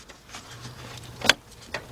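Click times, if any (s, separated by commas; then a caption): 1.3 s. A line is pushed into its plastic quick-connect fitting on the engine port of a 2004 Chevy Monte Carlo 3.4 during intake manifold gasket and head gasket work. Over a low hum, a sharp click at 1.3 s marks the line snapping home and seating, followed by a softer tap near 1.7 s.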